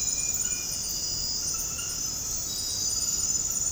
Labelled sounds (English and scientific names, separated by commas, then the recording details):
none
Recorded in dense forest near Puerto Asís, Putumayo, Colombia, on 19 February 2024 at 00:00
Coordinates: 0.486, -76.316
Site G6437